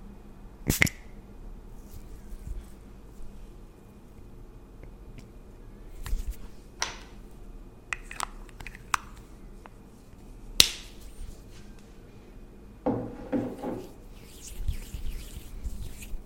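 Layered tingly sounds of pampering skin and hair: soft rubbing and light tapping over a low steady hum. Sharp clicks and brief brushing strokes come at irregular moments, with a louder tap near eleven seconds and a denser scratchy rustle around thirteen to fourteen seconds.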